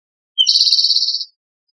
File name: spotted (rufous-sided) towhee , Tigard OR 060506